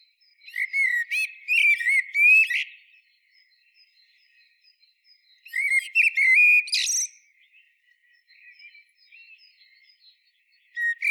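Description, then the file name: Common blackbird song: two warbled phrases of fluty notes ending in high squeaky twitters, separated by a pause of about three seconds, with a third phrase starting at the end. "Turdus merula"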